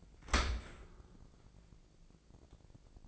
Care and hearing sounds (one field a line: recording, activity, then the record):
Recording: daily activity, microphone in the room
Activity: open dishwasher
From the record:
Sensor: 5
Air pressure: 1012.4 hPa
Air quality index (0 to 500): 161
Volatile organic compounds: 2 ppm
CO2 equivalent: 1092 ppm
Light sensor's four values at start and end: 104/250/105/118 and 104/250/106/118